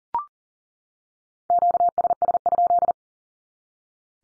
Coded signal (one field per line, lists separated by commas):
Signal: Morse code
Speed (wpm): 40 wpm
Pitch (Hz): 700 Hz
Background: none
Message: QSS?